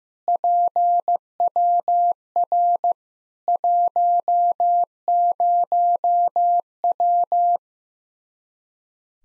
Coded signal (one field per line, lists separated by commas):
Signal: Morse code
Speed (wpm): 16 wpm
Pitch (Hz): 700 Hz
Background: none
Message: PWR 10W